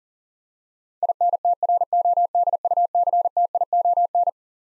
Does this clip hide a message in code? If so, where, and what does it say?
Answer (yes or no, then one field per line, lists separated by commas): yes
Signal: Morse code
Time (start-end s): 1.0-4.3 s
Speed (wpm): 40 wpm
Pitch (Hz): 700 Hz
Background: none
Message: INTRODUCTION